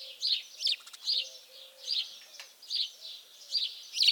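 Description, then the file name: House sparrow calls: a steady series of rapid chirps, repeated roughly every half second. "Passer domesticus"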